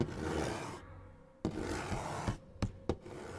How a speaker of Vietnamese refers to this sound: Yến nghe thấy rõ âm thanh gai người phát ra từ trong cái móng tay của con quỷ khi nó đang cố gắng cào vào thành cửa.